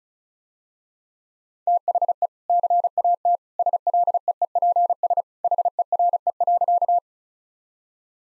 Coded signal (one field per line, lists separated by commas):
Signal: Morse code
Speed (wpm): 36 wpm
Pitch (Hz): 700 Hz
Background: none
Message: THE CAT SLEEPS HERE.